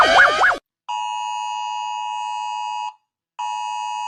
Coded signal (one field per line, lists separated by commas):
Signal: Emergency Alert System (SAME) tones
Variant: 853 and 960 Hz attention tone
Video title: Rating EAS Alarms again.. (READ DESCRIPTION)